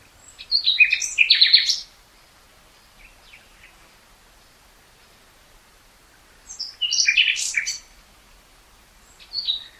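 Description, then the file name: Common nightingale song: a dense phrase of sharp chirps and rapid trilled notes, a long gap with a few faint notes, then another similar phrase and a short high note. "Luscinia megarhynchos"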